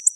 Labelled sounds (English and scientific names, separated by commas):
Black-throated Blue Warbler (Setophaga caerulescens) flight call